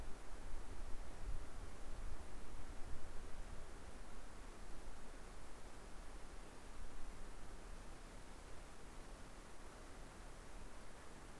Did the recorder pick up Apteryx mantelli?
no